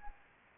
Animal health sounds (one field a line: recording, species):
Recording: mosquito wingbeat signal from an infrared sensor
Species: Anopheles arabiensis